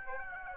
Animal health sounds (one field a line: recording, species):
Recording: mosquito wingbeat signal from an infrared sensor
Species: Aedes aegypti